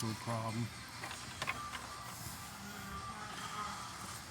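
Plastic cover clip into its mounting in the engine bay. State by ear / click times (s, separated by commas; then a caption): seated / 1.4 s, 1.5 s. A plastic engine-bay cover on a 2023 Ford Maverick Hybrid is pressed down after its tabs are tucked under the edge, so its clips seat into their mountings during an oil change. Someone talks briefly, then two sharp clicks sound at 1.4 and 1.5 seconds over a low background hum. The cover clips snap into place.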